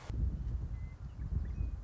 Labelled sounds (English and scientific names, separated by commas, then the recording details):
Western Meadowlark (Sturnella neglecta)
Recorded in Sonoma County, California